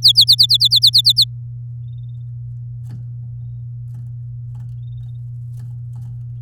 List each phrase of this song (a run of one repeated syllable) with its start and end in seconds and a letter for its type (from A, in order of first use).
0.02-1.24 A